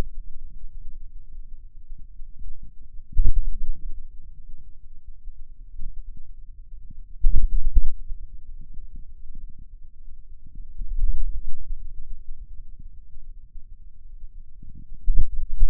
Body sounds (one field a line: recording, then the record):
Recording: forearm muscle sounds (acoustic myography)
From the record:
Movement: ulnar deviation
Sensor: system 2, bracelet of six BSWA MPA416 microphones around the upper forearm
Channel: 5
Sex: male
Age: 22 years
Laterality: right